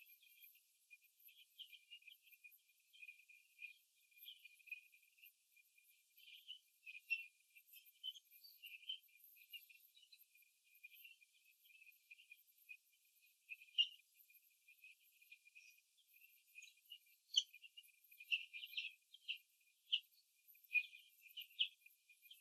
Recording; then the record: young laying hens in a cage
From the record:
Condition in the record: before the stressor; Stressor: simulated dog barking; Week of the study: 2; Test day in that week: 3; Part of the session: 1